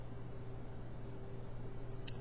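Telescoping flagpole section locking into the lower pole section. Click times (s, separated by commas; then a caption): 2.1 s. The upper section of an aluminum telescoping flagpole is raised until its spring latch snaps into the locked position in the lower pole section. A steady low hum and broadband noise run throughout, and a single sharp snap is heard at 2.1 seconds as the section seats and locks.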